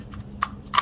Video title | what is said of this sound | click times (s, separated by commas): Nôi em bé Graco Roman GC-9E38RMN | and then pushing it down into place and it'll snap into place there we we go | 0.4 s